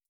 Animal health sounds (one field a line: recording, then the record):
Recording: hydrophone in a shrimp aquaculture tank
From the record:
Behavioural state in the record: feeding